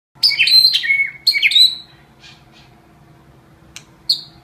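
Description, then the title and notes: White-rumped shama giving two bright, fast, tumbling whistled phrases, followed by near quiet with a few faint notes and one short high whistle at the end. Masteran training song. "Masteran Murai Batu"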